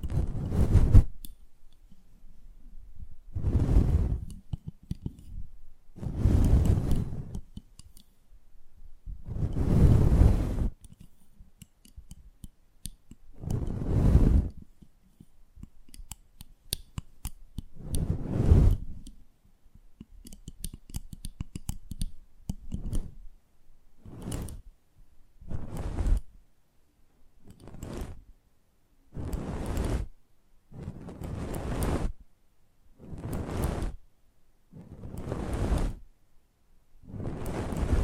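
ASMR close-up mic treatment: repeated rubbing or brushing swipes across the microphone, each a full, rushing burst about a second long. They come roughly every four seconds at first, then quicken to every two seconds after about twenty-four seconds, with faint scratchy ticks between.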